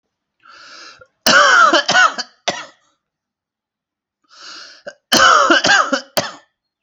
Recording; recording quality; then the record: heavy voluntary cough; excellent, no background noise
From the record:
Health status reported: healthy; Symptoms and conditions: diabetes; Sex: male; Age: 40 years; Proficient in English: yes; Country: India